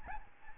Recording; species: mosquito wingbeat signal from an infrared sensor; Aedes albopictus